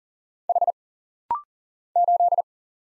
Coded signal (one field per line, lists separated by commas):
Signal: Morse code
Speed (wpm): 40 wpm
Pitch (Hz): 700 Hz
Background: none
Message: H 8